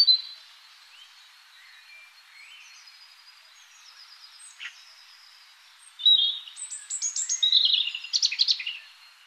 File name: Erithacus rubecula